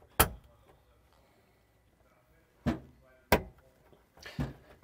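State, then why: Seated. Wiring harness connectors for a Lippert Ground Control 3.0 electric 5th wheel RV leveling system are pushed into their labeled sockets on the control board, giving sharp snaps at 0.2 s and 3.3 s, with softer handling noises around 2.7 s and 4.4 s. The connectors seat firmly into the board.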